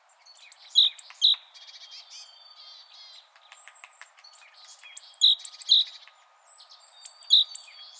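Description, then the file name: Great tit calling in bursts of two or three ringing notes with a high flick on each, repeated every few seconds over thin background birdsong. "Parus major"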